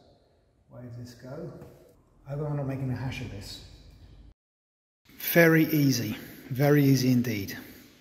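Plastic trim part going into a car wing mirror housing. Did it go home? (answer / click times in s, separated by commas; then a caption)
no / none. A plastic trim part is handled by hand while being fitted into the wing mirror housing of a Citroën C5 X7 2.0 HDi during reassembly. Someone talks throughout, with a silent pause in the middle. Nothing has seated or clicked into place yet.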